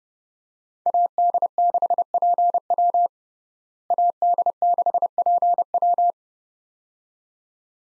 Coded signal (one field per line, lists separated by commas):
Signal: Morse code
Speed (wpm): 30 wpm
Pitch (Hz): 700 Hz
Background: none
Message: AD6PW AD6PW